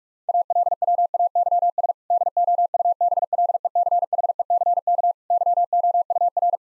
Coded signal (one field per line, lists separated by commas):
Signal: Morse code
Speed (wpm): 41 wpm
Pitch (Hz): 700 Hz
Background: none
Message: ALWAYS DOUBLECHECK YOUR